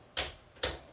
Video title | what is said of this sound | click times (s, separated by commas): How to Change Cricut Maker Blades - The Simple Way | then once you hear it click, you're good to go. Ta-da! | 0.6 s